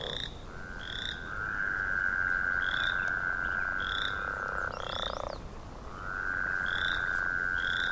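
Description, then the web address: A northern leopard frog gives drawn-out, even, buzzing trills broken by a low rumbling note, while brief, high chirps repeat throughout. "l pipiens sounds"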